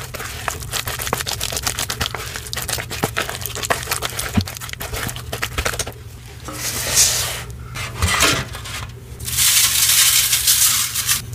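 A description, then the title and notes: Purple gym chalk paste is crushed and mixed, first with rapid dense clicks, then softer wet squelching swells after six seconds. Gym chalk ASMR. Purple gym chalk water crushes, reforms, paste mixing, and more. Purple Pasted Gym Chalk Water Crush.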